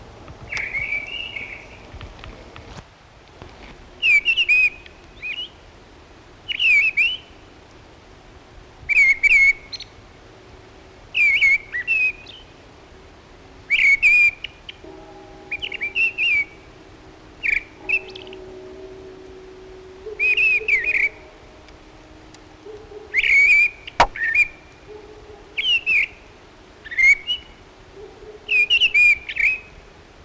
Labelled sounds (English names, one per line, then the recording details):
Mistle Thrush song
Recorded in the wild
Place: Knoten, DE
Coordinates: 50.6033, 8.1675
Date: 1964-03-30 17:45
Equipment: Uher Report 4000, AKG D190
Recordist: Krey, Winfried